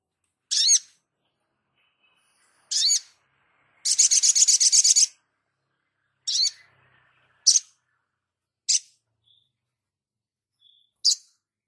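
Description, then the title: Spiderhunter song: sharp high chips at irregular intervals around a fast, buzzy, high-pitched trill lasting about a second. Training recording (masteran) for caged birds, Labaik variant. "Sogok Ontong Labaik"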